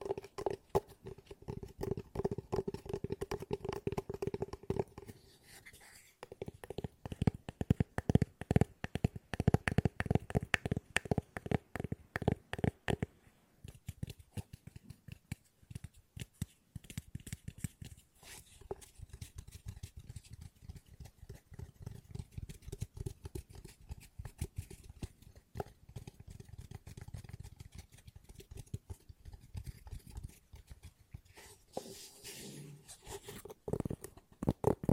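Fast tapping with no talking, a dense run of quick, sharp taps throughout. The first thirteen seconds are louder and fuller, with a low thud under each tap; after that the tapping turns softer and lighter, and a brief rustle comes near the end.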